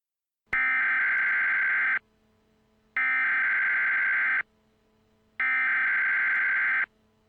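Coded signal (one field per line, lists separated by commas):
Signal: Emergency Alert System (SAME) tones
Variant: header bursts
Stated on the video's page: Valid EAS tones in a fictional scenario, made with EAS Creator software.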